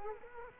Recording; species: mosquito wingbeat signal from an infrared sensor; Culex quinquefasciatus